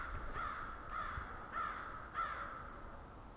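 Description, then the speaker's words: Crow caws, four muffled harsh calls spaced roughly half a second apart, over a low steady background rumble. A flock of crows far off, vocalizing very loudly but heard muffled. "So far off, you can hear kind of a muffled flock of crows."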